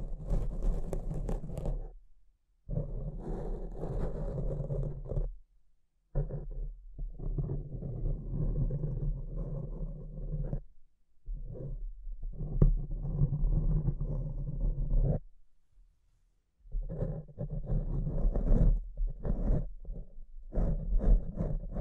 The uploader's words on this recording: ASMR Brain Melting Mic Scratching (No Talking).